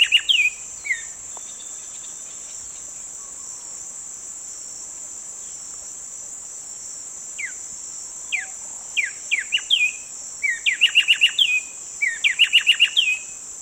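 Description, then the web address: Black-striped sparrow singing: scattered downslurred whistles building into rapid trilled bursts of repeated notes, with loud continuous insect buzzing throughout. Recorded in the eastern lowlands of South America. "Natures Songs S America Eastern Lowlands. Black-striped Sparrow"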